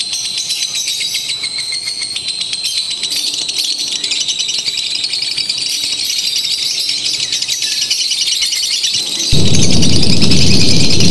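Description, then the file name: Lovebird song, a dense stream of high, squeaky chirps and trills repeated quickly, with a loud rushing noise suddenly covering the low range near the end. Recording made to simulate a lovebird singing competition. "audio simulasi lomba lovebird. omkicau"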